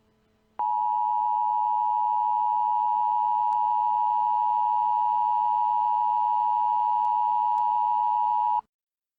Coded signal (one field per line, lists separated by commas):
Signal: Emergency Alert System (SAME) tones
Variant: 853 and 960 Hz attention tone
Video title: The Gulon - an EAS Scenario